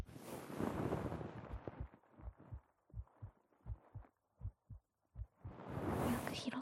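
Steady paired low thumps near 85 beats a minute, an adult's heartbeat picked up by a Neumann microphone against the chest through a layer of shirt, sounding much the same as without it, with rustling around it.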